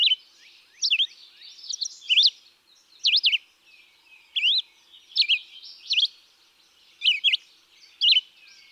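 Red-eyed vireo song of brief, clear whistled phrases, each rising or falling, given roughly once a second in a steady run.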